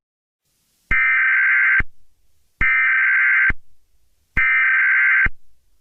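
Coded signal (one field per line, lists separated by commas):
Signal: Emergency Alert System (SAME) tones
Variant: header bursts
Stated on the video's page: Simulated EAS scenario about extreme heat, containing valid EAS tones.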